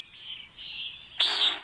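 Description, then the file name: Nighthawk giving one loud, harsh buzzy note near the end, after a thin, steady high tone. Recorded August 2018. "Nature A 201808 Nighthawks"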